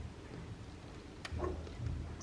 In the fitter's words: so we're going to push this under here and that's that's clicked into place